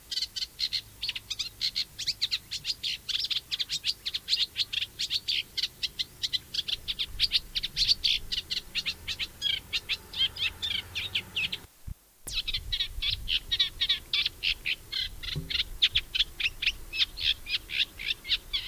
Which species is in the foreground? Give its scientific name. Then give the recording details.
Acrocephalus scirpaceus. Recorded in the wild. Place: Baiersdorf, Bayern, DE. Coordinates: 49.6589, 11.0172. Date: 1967. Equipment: Original, Vollspur. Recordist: Tretzel, Erwin. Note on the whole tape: Kanalbrücke vor Baiersdorf. Aufnahmedatum ungenau: Aufnahmen Anfang Juli 1967. Gesang